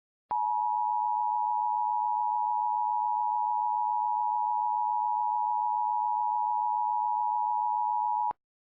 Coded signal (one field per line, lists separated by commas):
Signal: Emergency Alert System (SAME) tones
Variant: 853 and 960 Hz attention tone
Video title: EAS Scenario: Narvik Outbreak